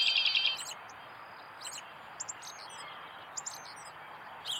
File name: Turdus migratorius - American Robin